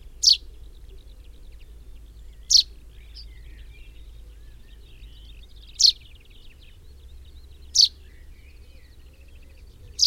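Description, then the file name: Common chaffinch calling with short, bright, piercing notes repeated five times at uneven intervals, with faint background rumble. "Fringilla coelebs"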